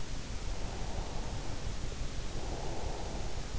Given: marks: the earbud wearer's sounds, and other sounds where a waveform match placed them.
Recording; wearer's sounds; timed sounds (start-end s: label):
sounds in sleep by an in-ear microphone; breath
0.64-3.49 s: breath